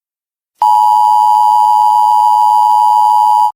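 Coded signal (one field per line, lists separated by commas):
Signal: Emergency Alert System (SAME) tones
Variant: 853 and 960 Hz attention tone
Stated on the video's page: Fictional mock EAS scenario, not a real alert.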